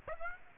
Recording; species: mosquito wingbeat signal from an infrared sensor; Aedes aegypti